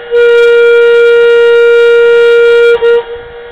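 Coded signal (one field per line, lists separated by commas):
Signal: coded fire alarm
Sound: steady loud horn-like siren tone, one brief interruption, then it winds down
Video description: The code wheel was set for 2 rounds in the Alarm Office.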